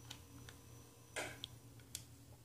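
A hand works the battery door of a Garmin Virb Elite action camera body, pressing toward its second plastic latch. Faint taps, a brief rustling burst and a few small ticks sound over a steady low hum. Nothing has seated or clicked yet: the latch is not yet home when the clip ends.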